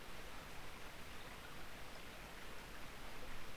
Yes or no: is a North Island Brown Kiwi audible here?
no